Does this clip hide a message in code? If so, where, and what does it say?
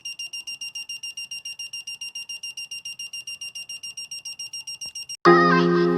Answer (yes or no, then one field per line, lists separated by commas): no